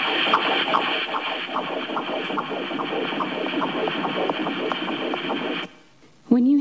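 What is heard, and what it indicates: Fast, regular swishing pulses over steady hiss from an embryo at 6 weeks and 2 days of pregnancy, heard on Doppler ultrasound. The sound is early cardiac activity before heart valves have formed, the vibration of early heart cells that will later form chambers and valves. It would not be heard with a stethoscope. The pulsing stops, and a brief voice follows.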